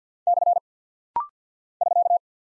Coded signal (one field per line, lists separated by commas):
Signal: Morse code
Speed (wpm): 50 wpm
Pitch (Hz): 700 Hz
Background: none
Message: / <SK>